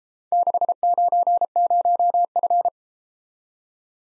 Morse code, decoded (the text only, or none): 690F